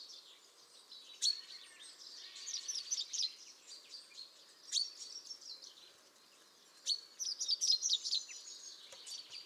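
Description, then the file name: Common chaffinch, chirping song phrases separated by pauses, with sharp clicks and faint high twittering throughout. "Fringilla coelebs"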